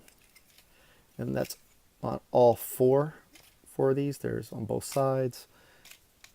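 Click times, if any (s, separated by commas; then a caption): none. A plastic transformation piece is being handled near its slot on a transforming robot figure, Astrotrain, while it is changed into shuttle mode. Someone talks over faint handling ticks, and a small sharp tick sounds near the very end. Nothing has seated or clicked into place yet.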